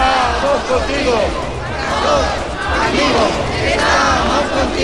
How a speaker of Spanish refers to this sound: Están tranquilos, enfadados, hablan de injusticia, piden más jueces como Garzón, y lo que hacen es continuamente lanzar gritos de apoyo al magistrado, como estos que podemos escuchar de fondo.